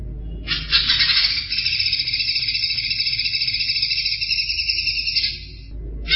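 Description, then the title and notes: Greater green leafbird giving one long, unbroken high trill, fast and buzzy, running almost five seconds before stopping, then starting again. Champion songbird (juara). "Kicau Burung Cucak Ijo Juara. Suara kicauan burung cucak ijo"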